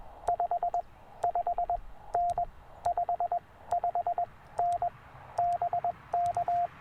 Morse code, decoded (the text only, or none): 55N 55N BK